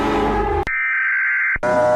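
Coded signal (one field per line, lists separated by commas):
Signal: Emergency Alert System (SAME) tones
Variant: header bursts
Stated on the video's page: Compilation of one-second clips of many different EAS alarms.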